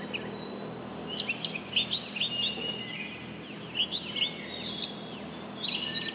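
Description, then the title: Oriental magpie-robin singing a lively run of varied chirps, slurred whistles and rising and falling notes in several bursts, with constant hiss behind. Female national champion competition bird from East Java, described as gacor and of the tarung style, black poci type. "Kacer Juara 1 Nasional gacor kacer juara nasional jawa timur kacer tarung betina poci gacor hitam"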